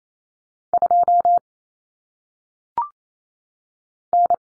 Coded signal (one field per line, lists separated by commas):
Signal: Morse code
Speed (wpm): 28 wpm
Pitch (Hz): 700 Hz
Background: none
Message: 2 N